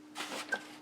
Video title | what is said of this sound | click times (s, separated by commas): Rebuilding the Element Enduro Trailwalker with RC4WD Mojave Body: Part 2 | The other side pops right in, | 0.5 s